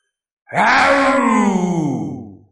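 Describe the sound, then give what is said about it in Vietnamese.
A loud, drawn-out roar voiced by a man who opens his mouth wide facing downward, starting abruptly and holding for about two seconds with a rough, groaning tone that slowly sinks in pitch and fades at the end. “Ngay lúc Hàng Lập nhắc nhở, thân hình đã phóng vọt lên không trước khi cái đầu lân mãng kia lao đến, rồi bỗng nhiên gã há to cái miệng hướng xuống dưới gầm lên một tiếng.”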